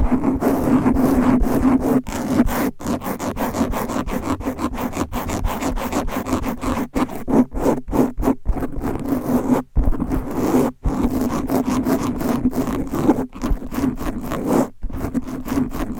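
Fast, aggressive scratching on microphone covers with nails, a dense, rapid stream of rough scrapes and rubs that runs almost without pause. A steady low hum sits underneath, and the scratching briefly cuts out near ten seconds and again near fifteen.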